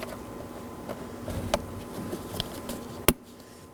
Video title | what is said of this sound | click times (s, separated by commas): How to Replace HVAC Blower Motor Assembly 2013-2019 Nissan Sentra | Make sure it clicks in place and it's secure. | 3.1 s